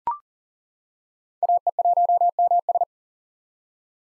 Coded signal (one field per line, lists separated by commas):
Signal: Morse code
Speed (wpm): 40 wpm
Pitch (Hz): 700 Hz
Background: none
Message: AE1MS